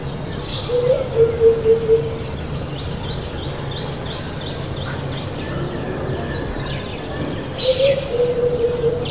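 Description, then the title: Senegal Coucal song: a short run of hollow, low hooting notes, then a second similar burst of hoots near the end, over a steady background hum with faint higher bird chirps. Song in a neighbourhood soundscape, Nkolmbong-Nord, Émana, Yaoundé, Cameroon; 24 November 2025, 9:29 a.m.; recorded with a TASCAM DR-05, edited in Audacity. "Topographie sonore du quartier : spécial Coucal"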